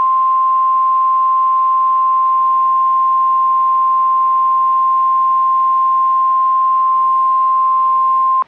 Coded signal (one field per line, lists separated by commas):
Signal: Emergency Alert System (SAME) tones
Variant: 1050 Hz attention tone